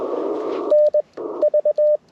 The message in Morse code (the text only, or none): NV